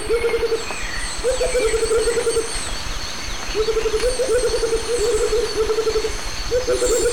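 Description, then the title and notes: Rufous motmots duetting with long, rolling strings of quick low hoots, while crickets trill and other birds call faintly. Pair dueting; recorded 1998 near the Lake Arenal dam at forest edge at dawn; other birds, crickets and forest ambience in background. "Duet Rufous motmots. Dúo de Baryphthengus martii (Pájaro Bobo). Grabado en 1998 cerca de la represa del lago Arenal, al borde del bosque durante el amanecer. Además del pájaro Bobo, se escuchan otras aves de fondo, grillos y ambiente del bosque"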